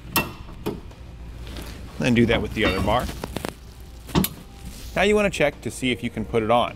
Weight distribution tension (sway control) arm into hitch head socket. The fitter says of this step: slide your tension arm up into the hole and it will click into place.